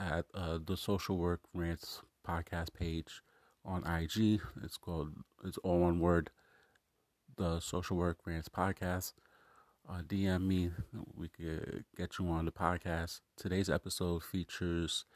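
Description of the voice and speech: One adult man speaks in a low, steady voice at a relaxed, even pace, pausing briefly between phrases. Consonants are crisp and there are no repeats, blocks or slurring. This is ordinary, fluent conversational speech in a quiet room.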